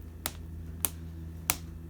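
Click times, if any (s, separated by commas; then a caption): 0.3 s, 0.9 s, 1.5 s. A paper flap with a glued-in magnet is brought down onto the matching magnet in a mini album page, and the magnetic tab closure snaps shut. Three sharp, short snaps are heard at 0.3, 0.9 and 1.5 seconds over a low steady hum, and the tab seats closed each time.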